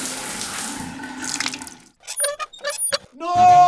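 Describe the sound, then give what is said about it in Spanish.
A steady rush of water pours for about two seconds, then several sharp splashes and sloshes follow as buckets of water are dumped over someone bathing. A brighter tonal sound enters at the end. “No te bañes a baldados por olvidar pagar el agua.”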